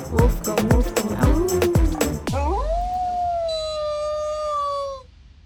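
Wolf howl, a smooth rising note held steady for a few seconds, after a stretch of sharp knocking and clattering sounds.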